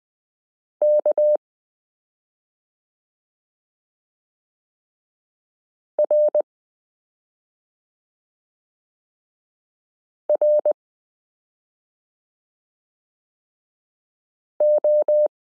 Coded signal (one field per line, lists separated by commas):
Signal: Morse code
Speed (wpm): 20 wpm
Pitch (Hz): 600 Hz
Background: none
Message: K R R O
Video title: Morse Code Listening Lesson 9 - m k r s u a p t l o